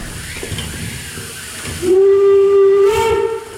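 A steam train whistle blows one long, loud, steady tone that bends slightly upward near its end, rising out of a hissing, rumbling background for almost two seconds.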